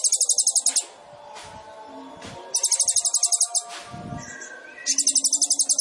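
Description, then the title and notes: Sunbird song: very high, rapid buzzy trills in bursts of under a second, separated by pauses filled with softer lower twittering. Indonesian masteran training recording of a ninja sunbird for songbirds, described as gacor, full of varied fills and shooting notes, suited to lure or provoke birds. "MASTERAN KOLIBRI NINJA TERBAIK FULL ISIAN DAN TEMBAKAN MEWAH COCOK BUAT PANCINGAN. Suara Burung Kolibri Ninja Gacor"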